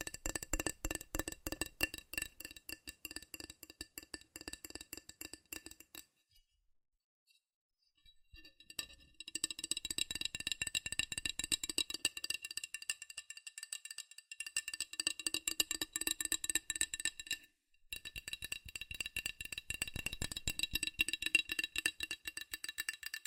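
Rapid, dense tapping on metal, a fast run of sharp clicks with a bright, ringing edge like clinking glass or a small bell. The tapping stops briefly around six to nine seconds and again near seventeen seconds, then resumes just as quickly and steadily.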